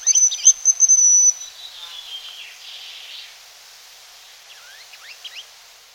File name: jeřábek-lesní